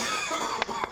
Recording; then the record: coughing mixed with background sound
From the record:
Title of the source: Spring Cold Coughing 2